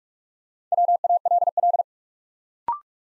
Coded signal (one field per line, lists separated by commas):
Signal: Morse code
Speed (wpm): 46 wpm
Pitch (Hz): 700 Hz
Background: none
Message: WALL